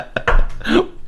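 A brief catch is followed by a deep, airy, gulping vocal sound with a falling pitch, lasting about a second. It is a single, unusually strange-sounding hiccup with a burp-like quality from an adult man, caused by a sudden involuntary spasm of the diaphragm. It comes with stomach pain.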